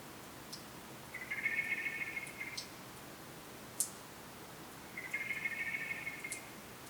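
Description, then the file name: Common blackbird uttering two fast, level rattling trills a few seconds apart, with a sharp click between them and soft ticks around. "Turdus merula"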